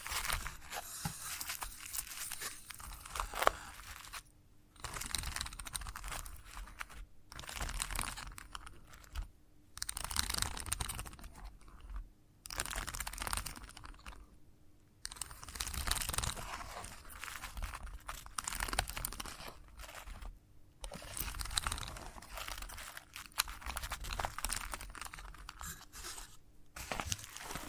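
Chalk scratching and tapping in bursts of dense gritty friction, separated by brief silences every few seconds, with a faint low steady hum underneath.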